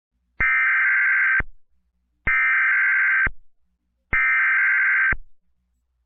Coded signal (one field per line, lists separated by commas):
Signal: Emergency Alert System (SAME) tones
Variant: header bursts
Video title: cloudy with a chance of meatballs [eas april 25 1999]